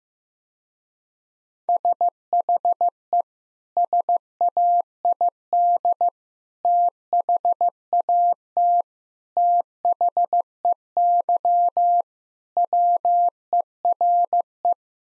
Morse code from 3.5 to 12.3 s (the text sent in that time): SAID THAT THEY